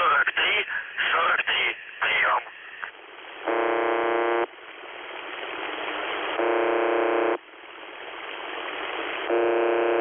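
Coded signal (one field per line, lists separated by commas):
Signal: numbers station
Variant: UVB-76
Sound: short spoken voice over radio, then three harsh one-second buzzes separated by static hiss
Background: radio static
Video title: The Buzzer/UVB-76 Voice Message (November 25, 2020 10:24 UTC)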